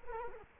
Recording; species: mosquito wingbeat signal from an infrared sensor; Culex quinquefasciatus